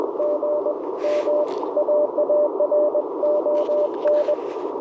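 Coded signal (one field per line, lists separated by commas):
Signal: Morse code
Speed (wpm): 21 wpm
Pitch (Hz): 590 Hz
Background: radio noise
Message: GM AARON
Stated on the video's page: QRP CW Parks on the Air activation in light precipitation, Icom IC-705, Gabil GRA-7350T antenna, Modern Morse Nameless key.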